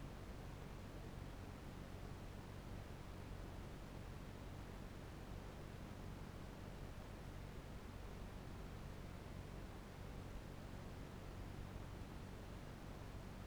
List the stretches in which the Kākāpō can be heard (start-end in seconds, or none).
none